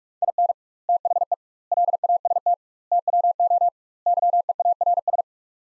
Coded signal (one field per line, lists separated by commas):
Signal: Morse code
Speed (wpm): 46 wpm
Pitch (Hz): 700 Hz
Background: none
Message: IN THE LAST TWO YEARS